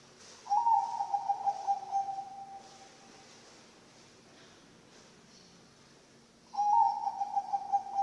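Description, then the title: Zebra dove song: two rolling, purred coo phrases at a steady pitch, the first slowly fading, the second starting after a long quiet gap. Bangkok-type zebra dove (perkutut) song, used as a training recording for other birds (masteran) and as a lure (pancingan). "mster Mnuk. SUARA OCEHAN BURUNG PERKUTUT BANGKOK Untuk MASTERAN dan PANCINGAN"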